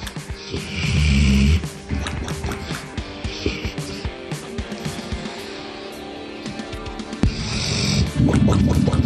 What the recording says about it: This is a dog snoring, and then you get, sounds like a bong hit. He's snoring loud, and then he got like he got that sound at the end. It's a big fella, right? My God, is he out.